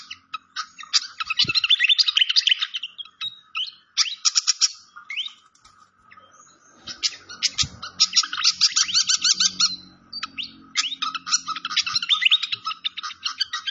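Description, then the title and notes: Malaysian pied fantail song coming in dense bursts of rapid chattering chirps separated by short pauses, with faint low background noise. Clear-voiced song from a masteran (training) recording. "Masteran Sikatan Kipas Suara Jernih Dan Suara Gemericik Air. Suara Burung Sikatan Londo"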